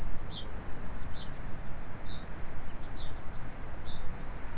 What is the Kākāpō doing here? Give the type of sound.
ching call